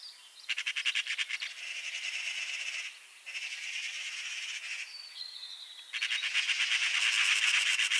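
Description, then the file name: Eurasian magpie giving harsh, rapid rattling chatter in several bursts of dry, clicking notes with short pauses between. "Pica pica"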